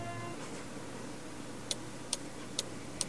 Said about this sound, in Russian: В гостиной говорящие часы настойчиво пели. Тик-так, тик-так, 7 часов, 7 часов, 7 утра, 7 утра, вставать пора, вставать пора, словно боясь, что их никто не послушает.